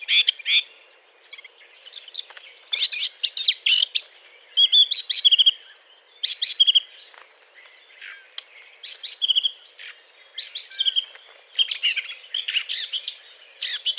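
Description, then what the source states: Eurasian blackcap courtship song: bursts of rapid, scratchy, high warbling phrases broken by short pauses, running through the whole stretch with a quiet background. Courtship song; 20 April 2009.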